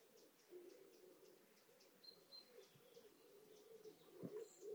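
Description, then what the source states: Wood pigeon giving soft, low cooing, faint and steady, with a few brief high chirps from another bird. Village wood pigeons waking up at 6 a.m. at sunrise on a crisp, cool autumn morning in rural Suffolk, with not many people about.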